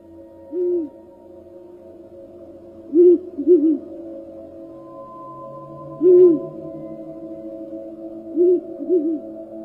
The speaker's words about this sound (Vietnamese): bỗng nhiên có tiếng chim cú giúp gọi bầy vang lên ở trong rừng.